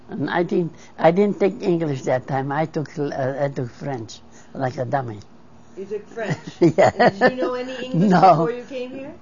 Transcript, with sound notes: I didn't, I didn't take English that time I took, I took French like a dummy. (she laughs)
You took French. Did you know any English before you came here?